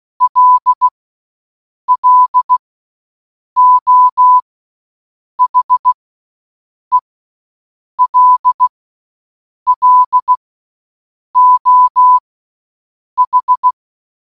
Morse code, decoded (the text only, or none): LLO HELLO H